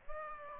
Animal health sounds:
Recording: mosquito wingbeat signal from an infrared sensor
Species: Aedes aegypti

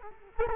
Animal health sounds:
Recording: mosquito wingbeat signal from an infrared sensor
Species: Culex quinquefasciatus

